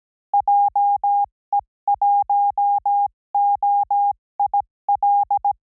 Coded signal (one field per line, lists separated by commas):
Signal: Morse code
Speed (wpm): 17 wpm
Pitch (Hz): 810 Hz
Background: none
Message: JE1OIL